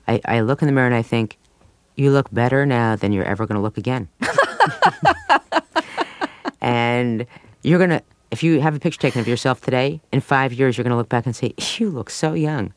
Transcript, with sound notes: I look in the mirror and I think, You look better now than you're ever going to look again. (laughs) And you're going to -- if you have a picture taken of yourself today, in five years you're going to look back and say, You look so young.